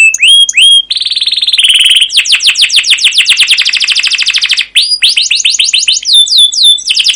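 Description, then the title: Canary song: whistled upslurred notes and buzzy tones leading into fast rolling trills of sweeping high notes, varied and continuous. Canary song used as a lure (pancingan) for training other canaries; described as gacor, long rolling song (ngerol) with cuit cuit notes. "CUIT CUIT NGEROL LANGSUNG GACOR PANJANG Kenari Ini AMPUH Utk Pancingan KENAR. Masteran Suara Burung Kenari Gacor Panjang cuit cuit Ngerol untuk Pancingan Kenari!"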